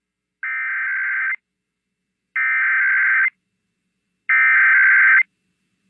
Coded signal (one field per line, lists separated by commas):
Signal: Emergency Alert System (SAME) tones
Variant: header bursts